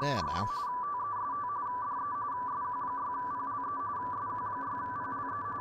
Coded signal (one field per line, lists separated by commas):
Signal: RTTY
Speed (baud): 45.45 baud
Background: speech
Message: YB TEST DE SQ6PLE SQ6PLE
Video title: Testing the RTL-SDR v4